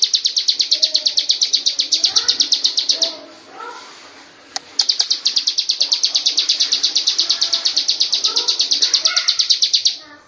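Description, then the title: Lovebird in a sustained shrill chatter of rapid notes, pausing after about three seconds then resuming; quieter twittering beneath. Long "ngekek" song (ngekek panjang) style. "Audio Lovebird Ngekek Panjang Ciblek"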